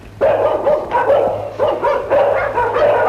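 A dog in a Cantonese film about Wong Fei-hung, who is about to treat it, barks and yelps in a loud, rapid string of about six sharp, high-pitched cries that run almost back to back, with no one speaking.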